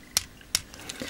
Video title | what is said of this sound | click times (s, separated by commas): Transformers - Generations IDW Deluxe Skids Review | it also gets rid of the chicken leg thing Bend his knee two clicks on the ratchet joint | 0.2 s, 0.5 s